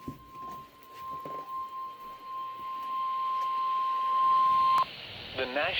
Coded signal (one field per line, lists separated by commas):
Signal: Emergency Alert System (SAME) tones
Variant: 1050 Hz attention tone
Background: speech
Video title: Severe Thunderstorm Warning (EAS #107)